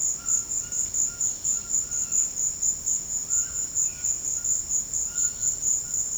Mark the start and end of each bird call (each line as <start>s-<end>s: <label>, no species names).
0.06s-6.01s: bird call